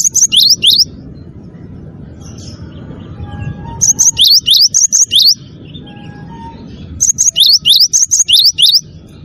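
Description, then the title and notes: Bird sings bursts of quick, high, sweeping chirps, three bursts a few seconds apart, with soft lower whistles between and a constant low hum. Melodious bird sound used as a phone ringtone. "ND Burung. Nada Dering Burung Dengan Suara Merdu"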